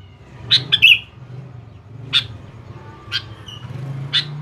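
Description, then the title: Sooty-headed bulbul: a fast cluster of bright chirps and a slurred whistle, then scattered single chirps, over a constant low rumbling hum. "Kutilang"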